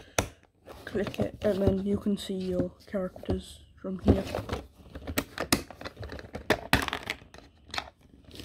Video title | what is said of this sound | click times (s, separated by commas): Minecraft Earth Boost Minis: Single Packs + Red Potion Case Review! | then just close it back up, make sure it clicks. Click | 0.2 s